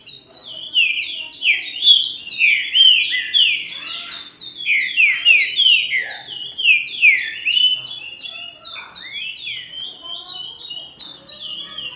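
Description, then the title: Green-winged saltator song: dense, continuous string of whistled, falling and rising notes, loudest early on and softer toward the end, with thin high notes scattered above. "Trinca Ferro"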